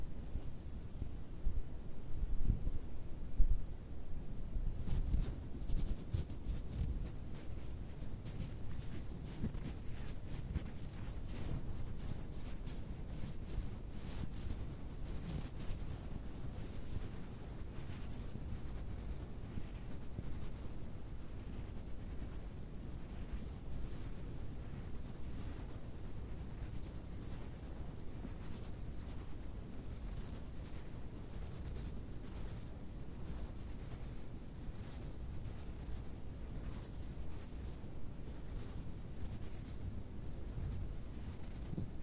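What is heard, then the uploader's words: Fabric is scratched in a dense, steady, hissing rasp that starts about five seconds in, over a soft low rumble throughout. ASMR FABRIC SOUNDS, FABRIC SCRATCHING, FABRIC RUBBING, ASMR NO TALKING TRIGGERS WITH TINGLES.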